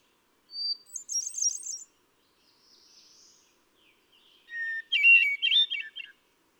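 Hermit thrush song phrases: a high short whistle leading into a shimmering flourish, a faint buzzy note, then a lower phrase with an opening whistle and rapid ornaments.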